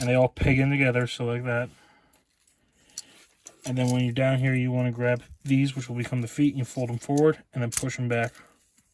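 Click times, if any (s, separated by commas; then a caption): none. Someone talks while handling a plastic Transformers Kingdom War for Cybertron Inferno action figure, pegging parts together and then grabbing the feet panels to fold them forward and push them back into the leg. Brief plastic handling taps are heard in a pause in the talk, around 3.0 s and 3.5 s. The clip ends before the feet lock, so nothing has seated or clicked into place yet.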